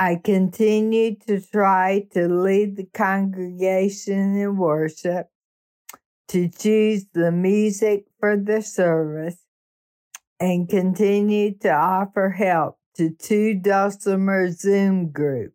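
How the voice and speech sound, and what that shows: An adult woman with amyotrophic lateral sclerosis, diagnosed in May 2019 and now losing her ability to sing and talk, reads aloud in a steady, nearly flat-pitched voice. Her vowels sound nasal, unstressed syllables are slightly blurred, and there are long breaks between phrases. The monotone, nasal quality fits the mixed dysarthria of ALS.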